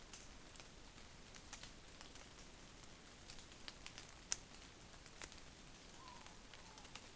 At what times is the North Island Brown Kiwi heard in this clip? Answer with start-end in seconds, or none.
none